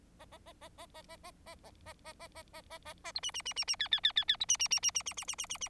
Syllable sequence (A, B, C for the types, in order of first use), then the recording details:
A A A A A A A A A A A A A A A A A A B C C C C C D D D D D B C C C C C C C C C C C. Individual Bird4